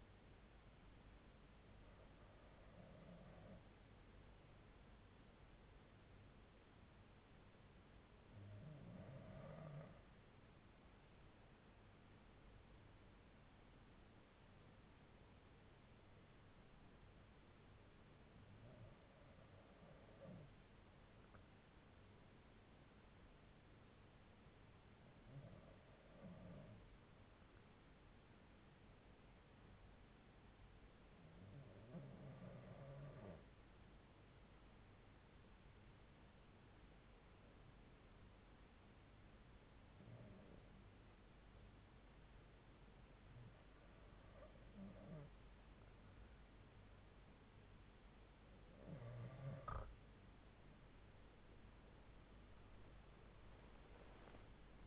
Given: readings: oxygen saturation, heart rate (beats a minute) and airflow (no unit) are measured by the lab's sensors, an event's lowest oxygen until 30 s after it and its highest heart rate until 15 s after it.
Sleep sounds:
breathing in sleep by a voice recorder at the bedside; 1
15.00-45.10 s: hypopnea (REM, oxygen 97% highest, then 91% lowest)
27.00-54.87 s: new sleep stage, N2 (light sleep)
From the record:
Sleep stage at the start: REM sleep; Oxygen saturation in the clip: 90 to 97%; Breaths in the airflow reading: 10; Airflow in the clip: -7.0 to 9.1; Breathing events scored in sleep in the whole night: 368 in 8.0 hours asleep

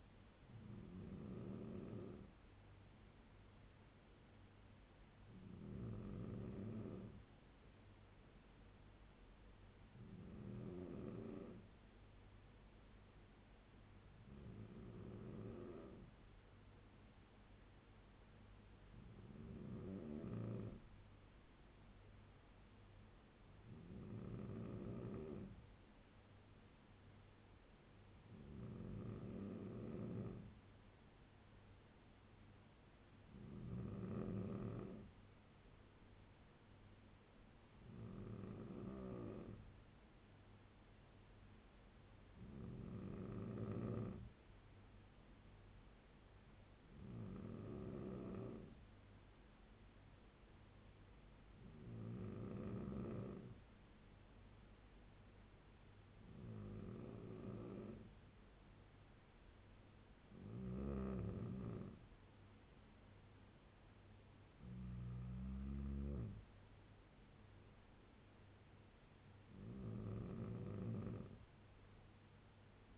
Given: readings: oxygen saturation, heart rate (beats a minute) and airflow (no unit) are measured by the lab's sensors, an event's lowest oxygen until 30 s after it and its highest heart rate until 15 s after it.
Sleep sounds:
breathing in sleep by a voice recorder at the bedside; none
none scored
From the record:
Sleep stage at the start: N2 (light sleep); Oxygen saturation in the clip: 94 to 95%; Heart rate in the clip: 69 to 77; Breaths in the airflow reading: 16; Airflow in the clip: -6.2 to 5.6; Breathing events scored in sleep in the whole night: 201 in 6.5 hours asleep

